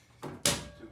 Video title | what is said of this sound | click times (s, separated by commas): Big Turbo MK4 Time Attack Build progress and update | click two clicks | 0.2 s, 0.5 s